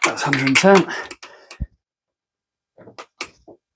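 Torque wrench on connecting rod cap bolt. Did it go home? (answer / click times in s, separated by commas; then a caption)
yes / 3.2 s. A torque wrench set to 110 is checked on the next connecting rod cap bolt of a Crusader 454 marine engine during the bottom-end rebuild. Someone talks, then quiet ratcheting leads to a single sharp click at 3.2 s. The wrench breaks over, confirming that bolt is at torque.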